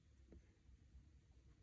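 A White Ocean Band connector on an Apple Watch Ultra is handled and slid the right way into the case's lug slot. Only quiet low rumble and faint handling noise are heard. Nothing has seated or clicked yet.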